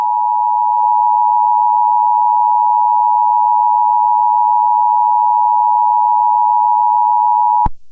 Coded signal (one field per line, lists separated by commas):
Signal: Emergency Alert System (SAME) tones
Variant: 853 and 960 Hz attention tone